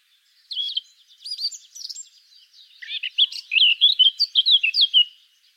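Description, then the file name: Eurasian blackcap song: a soft, scratchy subsong opening that gives way to loud, clear, bouncing whistles in a rapid rhythm. "Sylvia atricapilla"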